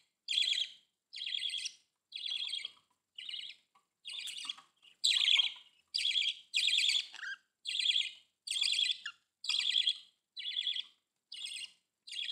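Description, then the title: Budgerigar chirping in repeated short buzzy notes, a little over one per second, with occasional softer notes mixed in. "Budgie Sounds"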